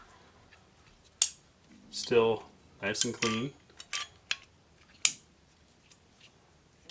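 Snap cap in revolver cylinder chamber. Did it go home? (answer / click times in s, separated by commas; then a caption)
partly / 5.1 s. Snap caps are loaded into the cylinder chambers of a Traditions Frontier Series 1873 SAA nickel single-action revolver with a 5.5-inch barrel, with the cylinder rotated through the loading gate. Someone talks between sharp metallic handling clicks, including a loud click at 5.1 seconds. There is some rub, and one snap cap is not fully seated in its chamber.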